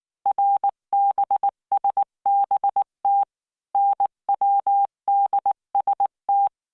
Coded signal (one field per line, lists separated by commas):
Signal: Morse code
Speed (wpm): 19 wpm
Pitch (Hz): 800 Hz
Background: none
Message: RBSBT NWDST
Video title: tamanのモールス練習動画15（モールス信号 速度19WPM スペース標準）Learn Morse Code